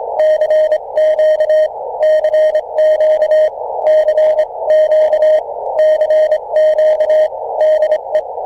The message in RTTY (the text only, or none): none